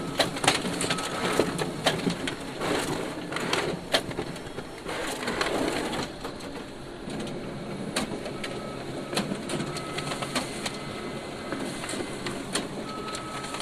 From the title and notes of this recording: Laser printer and photocopier recorded by Dan Bodah in April 2009, Brooklyn NY. Printing and photocopying.